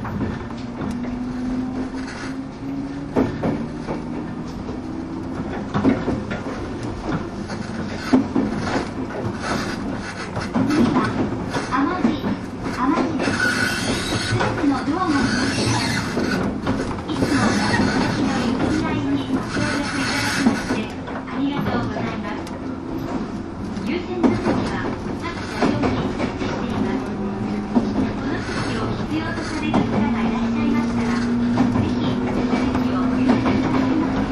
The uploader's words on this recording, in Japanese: 103系 播但線普通 01/01:姫路～寺前。播但線＂の列車走行音。